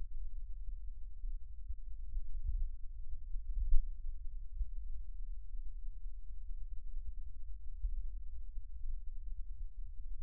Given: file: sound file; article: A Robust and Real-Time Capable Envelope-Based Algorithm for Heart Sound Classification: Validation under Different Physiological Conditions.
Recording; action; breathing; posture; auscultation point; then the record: heart sounds by electronic stethoscope; rest; normal; sitting; left side of the back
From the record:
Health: healthy, no known heart disease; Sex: male